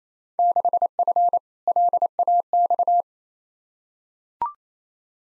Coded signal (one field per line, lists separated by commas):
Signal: Morse code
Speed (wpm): 28 wpm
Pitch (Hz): 700 Hz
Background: none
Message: 6F LAX